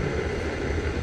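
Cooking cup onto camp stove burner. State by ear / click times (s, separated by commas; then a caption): not seated / none. A cooking cup is being placed onto a Jetboil Sol camp stove burner, with the holes on the cup lined up with the indentations on the burner so it will twist and lock in place. Only a steady low rumbling background is heard with no distinct hit. Nothing has seated or locked yet.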